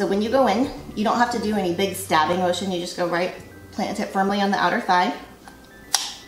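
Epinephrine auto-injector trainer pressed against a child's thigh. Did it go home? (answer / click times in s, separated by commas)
yes / 5.9 s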